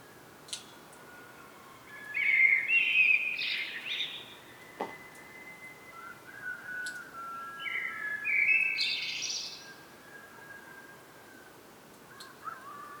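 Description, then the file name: Common blackbird singing two warbled phrases with high twittering ends, a few seconds apart. "Turdus merula"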